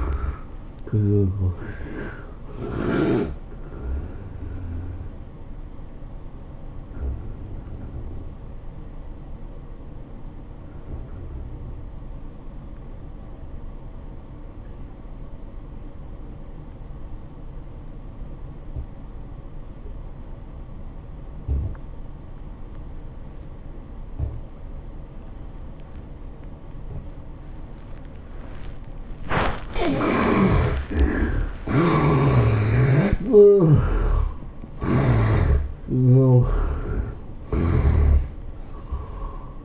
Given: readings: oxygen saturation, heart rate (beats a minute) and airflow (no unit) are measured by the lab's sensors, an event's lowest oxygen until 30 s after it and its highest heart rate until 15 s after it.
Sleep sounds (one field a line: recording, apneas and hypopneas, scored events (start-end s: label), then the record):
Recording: breathing in sleep by a smartphone at the bedside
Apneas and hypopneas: 1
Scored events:
13.00-31.10 s: obstructive apnea (N1, oxygen 97% highest, then 72% lowest, heart rate 98 at the start, 108 highest)
From the record:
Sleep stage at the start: N1 (lightest sleep)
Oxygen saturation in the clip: 76 to 97%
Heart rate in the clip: 85 to 108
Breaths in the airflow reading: 7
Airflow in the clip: -16.4 to 10.0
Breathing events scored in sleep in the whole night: 403 in 5.5 hours asleep